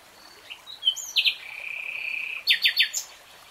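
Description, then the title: Nightingale song: short chirps and a sustained level whistle, then a burst of three loud, sharp, quickly repeated notes. Singing in real time. "[Tiếng chim hót] 3 Hours REALTIME Nightingale Singing"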